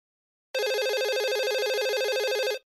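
A mobile phone rings with a steady, fast-warbling electronic tone, a bright buzzy trill sustained for about two seconds before cutting off abruptly.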